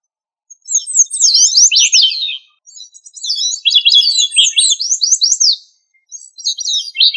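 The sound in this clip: Thrush song of quick, high, slurred notes in long tumbling runs that drop in pitch, with two brief pauses between phrases, in otherwise silent surroundings.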